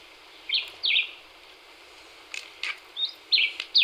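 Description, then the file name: Black-whiskered vireo chirping in short slurred notes, a pair early and a rapid cluster near the end. Recorded 26 April 2019. "2019-04-26 Black-whiskered Vireo"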